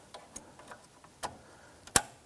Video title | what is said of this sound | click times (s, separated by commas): How to Replace Ignition Coils 2005-2007 Ford Five Hundred | you can hear and feel it snap into place | 2.0 s